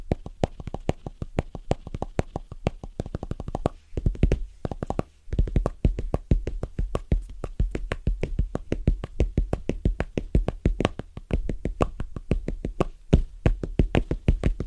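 Fast, rhythmic tapping on different surfaces, dense sharp clicks with a low thump beneath, briefly pausing around four and five seconds.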